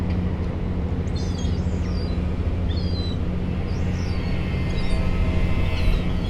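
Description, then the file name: Gull calls: several brief, sharp, slurred cries in loose succession, above a steady deep mechanical drone. Gulls recorded at a harbour during the day. "Harbour Seagulls Day"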